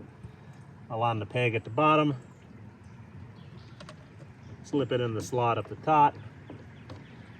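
Someone talks while positioning a plastic coolant overflow reservoir onto its radiator/fan shroud mount on a Subaru Impreza / XV Crosstrek, lining up its bottom peg before slipping it into the top slot. Between the spoken phrases, faint brief taps sound at about 3.8 and 3.9 seconds. The reservoir has not yet been pushed in and nothing has clicked into place.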